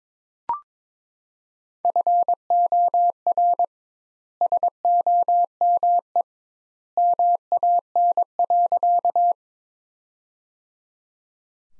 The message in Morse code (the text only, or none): FOR SOME MAN.